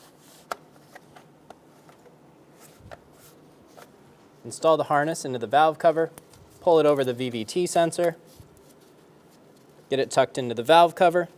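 A plastic wire harness retaining clip is pushed into the back of the valve cover on a 2012–2020 Chevrolet Sonic and snaps into place with a sharp click at 0.5 s, leaving it seated. A few fainter ticks follow over the next few seconds, and then someone talks.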